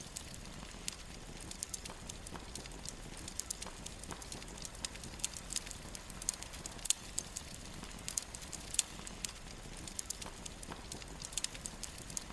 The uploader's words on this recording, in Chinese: 極度放鬆的柴火聲 冥想白噪音。柔和的營火聲。